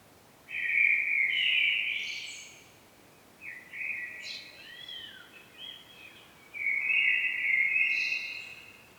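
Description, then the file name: Common blackbird phrases: two sustained warbled notes, each about two seconds with a high squeaky flourish, separated by a quieter twittering passage, over faint background hiss. "Turdus merula"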